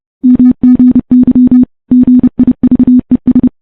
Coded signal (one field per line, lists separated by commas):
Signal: Morse code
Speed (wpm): 31 wpm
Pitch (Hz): 250 Hz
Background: none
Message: MGY GIVES